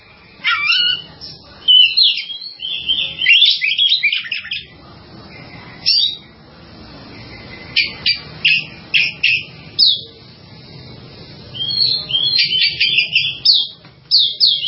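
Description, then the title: Java sparrow chirping in irregular bursts: short sharp high notes and clicks, some phrases quick and stuttering, with brief silences between. "kicau gelatik"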